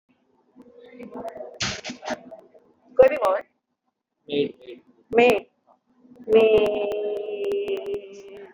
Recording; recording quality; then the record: sustained vowel as in made; moderate, slight background noise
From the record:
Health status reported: exposed to COVID-19, no respiratory illness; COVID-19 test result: negative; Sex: female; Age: 45 years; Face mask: not worn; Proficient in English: yes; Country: India